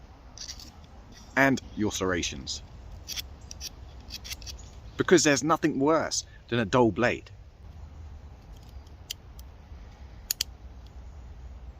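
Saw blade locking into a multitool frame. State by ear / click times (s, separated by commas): seated / 10.3 s, 10.4 s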